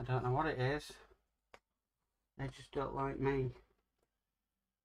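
A small part is being pushed into a scale model bike frame by hand while someone talks, with a brief faint tick between phrases around 1.5 s. The part has not seated or clicked into place yet.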